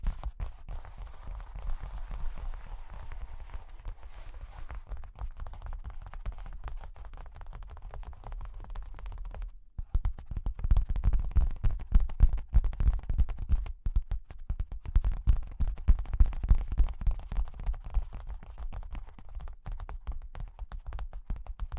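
Tapping and scratching on cork and wood: a soft rustle with faint taps for ten seconds, then dense, quick, low knocking until the end.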